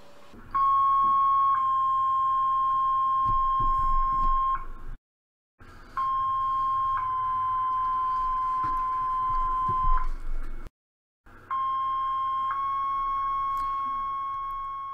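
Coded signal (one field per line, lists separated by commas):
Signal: two-tone page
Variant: Motorola Quick Call II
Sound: three two-tone pages: a short tone, then a slightly lower long tone, each ~4 s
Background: room noise, scanner hiss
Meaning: Tone-out alerting a fire channel's pagers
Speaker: was three Motorola quick call tones you just heard and here's the list from where they were derived and they come in read groups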